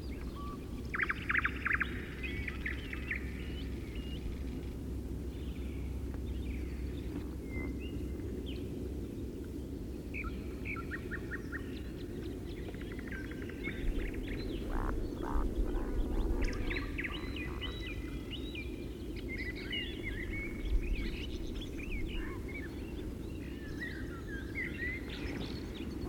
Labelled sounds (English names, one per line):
Eurasian Woodcock call